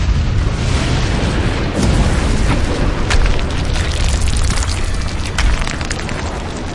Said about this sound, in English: And there were noises and thunderings and lightning, and there was a great earthquake, such a mighty and great earthquake as had not occurred since men were on the earth.